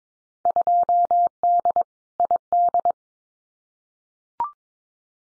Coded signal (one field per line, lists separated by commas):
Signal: Morse code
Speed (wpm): 22 wpm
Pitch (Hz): 700 Hz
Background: none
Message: 2D ID